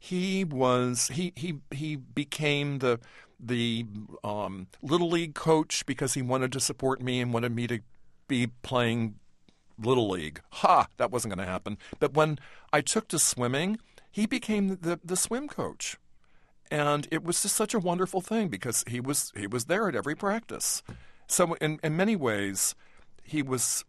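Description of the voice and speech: Adult man speaking with occasional sound repetitions and drawn-out syllables: mild residual stuttering, what remains of a very debilitating stutter he had as a boy.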